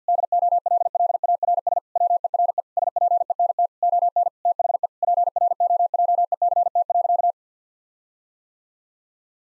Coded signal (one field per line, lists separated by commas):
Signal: Morse code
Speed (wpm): 50 wpm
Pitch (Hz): 700 Hz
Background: none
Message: DOLLARS WERE SPENT ON THE PROJECT.